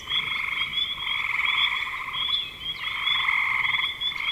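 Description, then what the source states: Frogs trill in a continuous fast pulsed chorus with slight dips in loudness. Frogs recorded in spring 2025.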